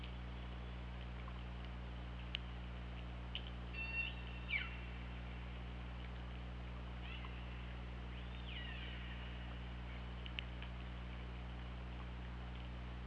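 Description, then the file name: Killer whale calls, short harmonic tones that bend and sweep in pitch, in two bursts separated by a few seconds, over steady low underwater hum and scattered clicks. Recorded on the OrcaLab hydrophone, underwater, on 24 August 2017 at 21:04. "Orca Lab 20170824 210415"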